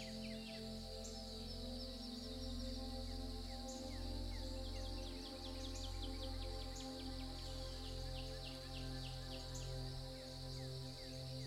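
Soft, gentle music is layered with the sounds of nature. Steady sustained tones hold underneath while birds chirp and trill almost continuously, with quick repeated calls clustering around the middle. A faint insect-like hiss stays high in the background throughout.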